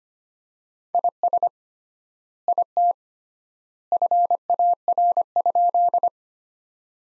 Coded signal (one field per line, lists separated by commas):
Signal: Morse code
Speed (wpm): 25 wpm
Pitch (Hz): 700 Hz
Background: none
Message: IS IT FAR?